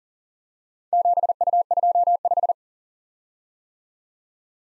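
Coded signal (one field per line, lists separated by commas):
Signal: Morse code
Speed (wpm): 38 wpm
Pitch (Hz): 700 Hz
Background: none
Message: 7U25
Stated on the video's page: Head-copy drill of random four-character letter-number groups at 40 wpm; each group sent, spoken, then sent again.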